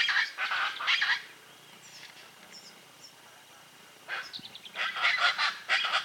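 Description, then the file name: Chaco chachalaca calling in harsh, grating, rapidly pulsed notes, a burst at the start, a quieter gap with faint high chirps, then louder raucous calling. "charata voz"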